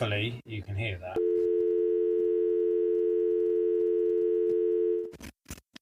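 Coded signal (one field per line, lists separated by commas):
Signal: telephone call progress tone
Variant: North America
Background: speech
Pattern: dial tone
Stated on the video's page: PSTN voice service injected into an exchange-side splitter alongside DSL on a retro ADSL setup.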